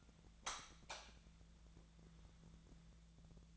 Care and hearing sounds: daily activity, microphone in the room; light on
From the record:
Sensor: 3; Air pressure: 999.9 hPa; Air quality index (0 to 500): 124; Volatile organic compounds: 2 ppm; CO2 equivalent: 1110 ppm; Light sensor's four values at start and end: 39/98/42/46 and 41/105/45/48

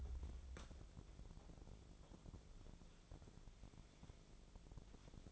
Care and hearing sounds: daily activity, microphone in the room; wipe stove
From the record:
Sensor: 5

